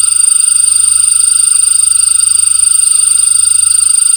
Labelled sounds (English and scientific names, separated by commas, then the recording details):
none
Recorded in pastures near Puerto Asís, Putumayo, Colombia, on 8 March 2025 at 18:30
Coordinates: 0.472, -76.329
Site G074